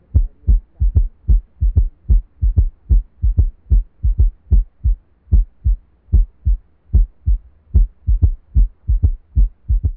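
Heart sounds from an adult heart, heard through a stethoscope.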